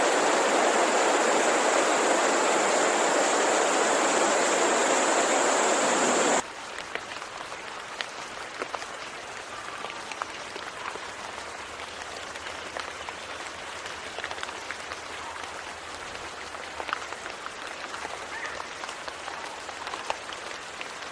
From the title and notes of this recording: Rainy Bliss: Experiencing the Serene Rain.